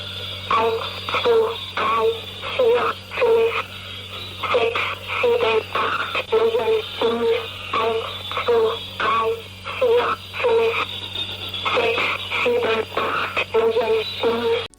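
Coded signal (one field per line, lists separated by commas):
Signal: numbers station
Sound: short, evenly spaced, flat robotic-sounding spoken words repeating steadily over a low hum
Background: low hum, radio static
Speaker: So, a number station is simply a station that broadcasts numbers typically. In most cases, this means that there's a robotic voice just reading out different series of numbers.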